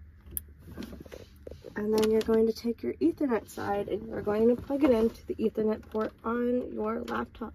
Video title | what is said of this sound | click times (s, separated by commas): T.A.B.S. - Toolbox 3 WEB for 12-20 Model S and X | plug it in make sure you hear it click | 0.4 s